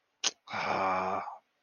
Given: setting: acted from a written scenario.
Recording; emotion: vocal sound without words; guilt